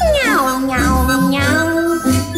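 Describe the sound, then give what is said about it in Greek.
A little cat meows several times in a row, loud and drawn-out, each cry bending in pitch, some sliding downward and others rising, with only brief gaps between them. “Γατούλα μου μικρή.”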